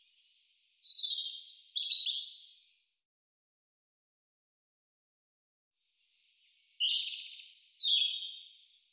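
European robin song: two high, wavering warbled phrases with thin piercing notes, separated by a long silent gap of several seconds.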